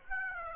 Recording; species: mosquito wingbeat signal from an infrared sensor; Aedes aegypti